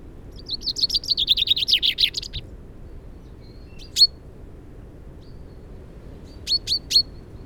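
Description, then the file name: Common chaffinch delivering one rattling song phrase, followed later by a few sharp isolated call notes amid quiet background. "Fringilla coelebs"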